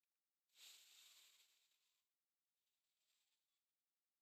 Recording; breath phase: one breath near a microphone; inhalation